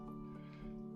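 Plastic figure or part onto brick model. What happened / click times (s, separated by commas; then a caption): A small plastic part is handled but not yet seated / none. A small plastic minifigure part is handled over the brick model of the Star Wars R2-D2 set 75308, where it is meant to lock into place. A steady tonal hum fills the clip until a brief sharp tick at about 1.0 s at the very end. The part has not locked into place or clicked yet.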